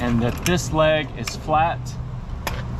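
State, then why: Seated. While stowing a Fiamma 45s awning, the leg's end piece is pushed into its holder on the awning case as someone talks. A short, sharp snap at 2.5 seconds marks the end piece seating firmly in place.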